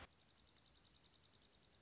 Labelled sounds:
Dark-eyed Junco
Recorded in Sonoma County, California

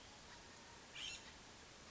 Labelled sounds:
California Scrub-Jay
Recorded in Sonoma County, California

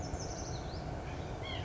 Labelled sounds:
White-breasted Nuthatch
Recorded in Sonoma County, California

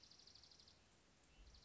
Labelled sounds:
Dark-eyed Junco
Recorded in Sonoma County, California

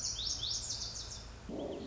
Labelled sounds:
Lazuli Bunting
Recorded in Sonoma County, California

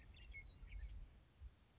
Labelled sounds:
Western Meadowlark
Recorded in Sonoma County, California

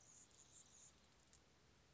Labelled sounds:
Anna's Hummingbird
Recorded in Sonoma County, California

